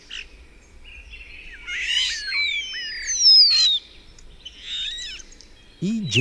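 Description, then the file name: Common starling song: a jumble of whistled slides, rising and falling, with scratchy notes and clicks, ending in a low harsh burst. "Szpak"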